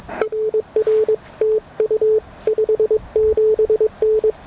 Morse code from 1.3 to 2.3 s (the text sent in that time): TU